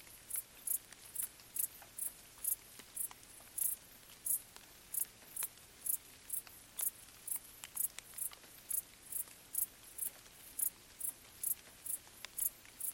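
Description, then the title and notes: Cricket song as a long series of sharp high chirps, a little over two each second, over gentle dripping rain. Crickets stridulating late at night in gentle summer rain on vegetation, along an abandoned railway track in Bad Boll, Baden-Württemberg, Germany; nearby village silent. "Crickets in gentle summer rain. Bad Boll, Baden-Württemberg. Recorded by Colin Hunter"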